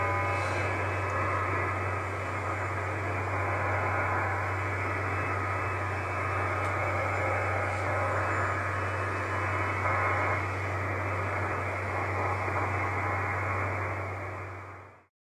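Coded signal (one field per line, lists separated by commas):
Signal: numbers station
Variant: HM01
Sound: steady rushing, hiss-like data signal with a sharp upper cutoff over a low hum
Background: radio static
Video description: HM01, 25 May 2015 @ 2100Z. Not as loud as usual, but still there.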